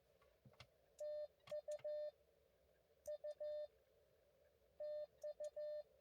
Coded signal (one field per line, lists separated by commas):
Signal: Morse code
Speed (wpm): 14 wpm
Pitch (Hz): 590 Hz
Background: none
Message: TU U TU